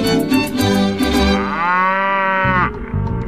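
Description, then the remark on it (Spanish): A cow lets out a long, loud moo that rises and holds steady before breaking off, with a brief lower grunt trailing at the end. “Una investigación reciente ha demostrado que las vacas que tienen un nombre y que son llamadas por su nombre dan más leche.”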